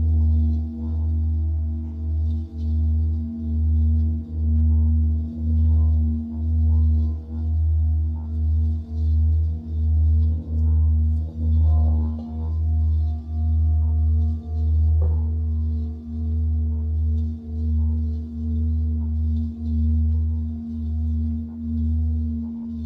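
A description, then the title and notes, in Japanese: A singing bowl rings on in a long, sustained drone, its deep low tone throbbing in a steady wobble about once a second. Softer, clear overtones hold above it throughout, while faint light ticks and chirps appear now and then up high. Singing Bowl のサウンドヒーリング LIVE。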